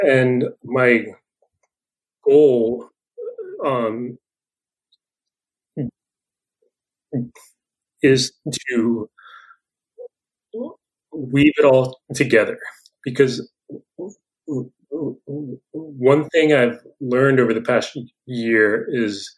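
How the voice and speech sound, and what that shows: An adult man who stutters speaks in halting bursts, broken by long silent blocks of up to four seconds between words, with prolonged sounds and an interjected "um". Together these make a pattern of stuttering with frequent blocks and prolongations.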